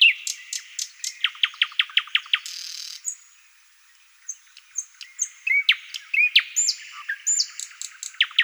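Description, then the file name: Thrush nightingale song: a quick run of sharp clicking notes, a harsh burst, then assorted whistles, chucks and clicks in varied phrases. "solovey obyknovennyy golos"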